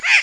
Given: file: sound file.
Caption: train of begging notes emitted by nestling Lilac-crowned Amazons in presence of the parent birds.